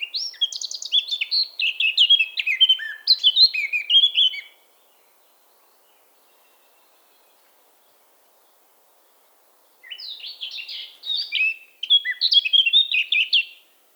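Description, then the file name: Eurasian blackcap singing quick, varied, scratchy-to-fluty warbling: one long burst, about five seconds of silence, then two shorter bursts. "Sylvia atricapilla"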